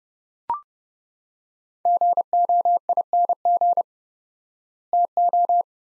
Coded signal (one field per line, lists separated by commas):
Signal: Morse code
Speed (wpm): 28 wpm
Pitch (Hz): 700 Hz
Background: none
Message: GOING TO